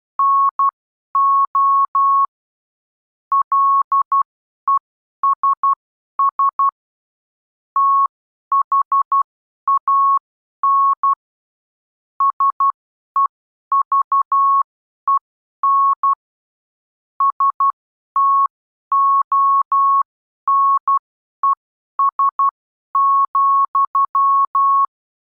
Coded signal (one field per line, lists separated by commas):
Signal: Morse code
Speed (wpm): 12 wpm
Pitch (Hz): 1100 Hz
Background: none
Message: NO LESS THAN SEVEN STONES,